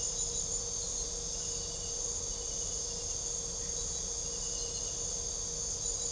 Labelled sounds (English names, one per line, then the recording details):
none
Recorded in pastures near Puerto Asís, Putumayo, Colombia, on 26 December 2024 at 23:30
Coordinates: 0.497, -76.327
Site G088